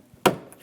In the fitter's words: Be sure it clicks into place.